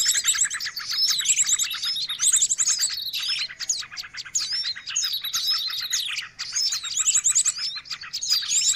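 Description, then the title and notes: Birds calling noisily, a dense chorus of high chirps, trills and rapid buzzy rattles overlapping without pause, several callers at once. Noisy mix of bird calls used for luring birds. "Burung Ribut Pikat"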